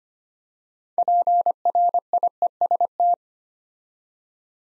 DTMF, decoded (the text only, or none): none